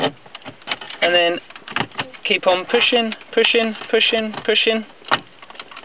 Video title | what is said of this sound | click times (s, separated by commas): Ford Escort, Fiesta and Puma stereo | until it clicks in | 5.1 s